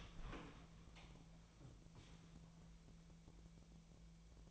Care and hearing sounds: daily activity, microphone in the room; open door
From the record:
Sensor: 1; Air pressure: 1000.5 hPa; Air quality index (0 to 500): 182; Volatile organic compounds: 4 ppm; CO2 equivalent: 1675 ppm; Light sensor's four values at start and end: 12/29/12/14 and 12/29/12/14

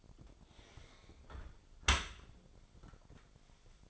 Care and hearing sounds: daily activity, microphone in the room; close dishwasher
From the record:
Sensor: 5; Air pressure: 1006.9 hPa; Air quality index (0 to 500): 182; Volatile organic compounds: 5 ppm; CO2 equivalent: 1736 ppm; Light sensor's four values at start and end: 53/148/58/58 and 53/148/58/58

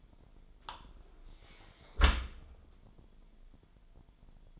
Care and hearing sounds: daily activity, microphone in the room; close dishwasher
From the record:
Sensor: 5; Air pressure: 998.3 hPa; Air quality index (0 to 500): 85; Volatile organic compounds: 1 ppm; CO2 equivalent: 969 ppm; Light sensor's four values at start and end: 20/47/20/22 and 20/47/20/22

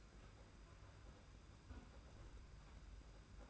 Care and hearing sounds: daily activity, microphone in the room; close fridge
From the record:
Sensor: 2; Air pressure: 991.7 hPa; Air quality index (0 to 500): 221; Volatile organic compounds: 1000 ppm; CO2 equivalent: 7369 ppm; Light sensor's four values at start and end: 26/81/31/29 and 26/81/31/29

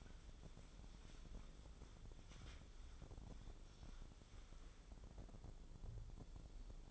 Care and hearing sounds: daily activity, microphone in the room; wipe stove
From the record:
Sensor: 5

